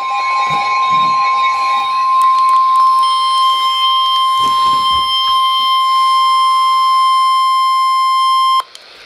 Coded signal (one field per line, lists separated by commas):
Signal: Emergency Alert System (SAME) tones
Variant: 1050 Hz attention tone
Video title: 2 Severe T-Storm Warnings (EAS #1,155-1,156)